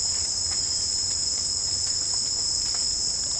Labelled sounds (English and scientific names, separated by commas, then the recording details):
none
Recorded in pastures near Puerto Asís, Putumayo, Colombia, on 30 June 2025 at 17:30
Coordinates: 0.496, -76.326
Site GP01